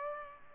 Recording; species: mosquito wingbeat signal from an infrared sensor; Culex pipiens